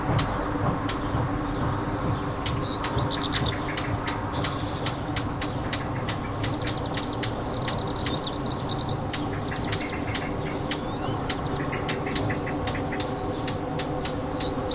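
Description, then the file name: Warbler alarm notes: crisp clicking ticks, irregular at first then rapid, with faint buzzy chatter over low rumbling background noise. Alarm call; recorded 25 June 2014 with an MZ-N710 recorder. "Fauvette cri d alarme 25 06 14"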